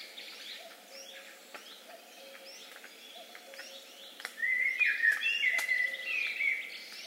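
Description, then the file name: Eurasian blackbird song: quiet twittering, then one louder mellow warbled phrase near the end, with faint low piping notes in the background. "Turdus merula"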